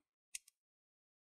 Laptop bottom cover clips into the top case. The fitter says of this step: here all those clicks that's what you want to hear